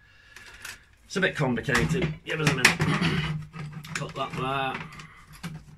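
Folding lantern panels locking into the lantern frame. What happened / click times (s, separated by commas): The metal panels are being handled but have not yet locked into place / none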